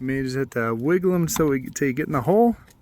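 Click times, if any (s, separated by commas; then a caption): none. A plastic grille/headlight retaining clip is being pushed and wiggled toward its hole in the headlight/radiator support on a Trailblazer front end during grille reassembly, while someone talks throughout. The clip has not clicked or seated yet.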